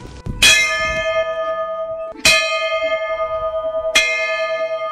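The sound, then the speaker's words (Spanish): An old bell at the abandoned railway station and port of Guaqui, once rung to announce trains arriving and departing, is struck three times at slow, uneven intervals, each clang bright and metallic with a steady ringing tone that hangs on and throbs between strikes. No one speaks. “esta campana sonaba así para anunciar la llegada y la salida del tren en aquellos años.”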